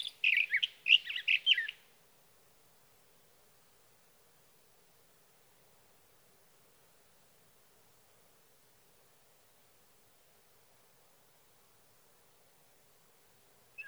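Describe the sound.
Sage thrasher song, a brief rapid burst of jumbled warbling notes lasting under two seconds, followed by long quiet.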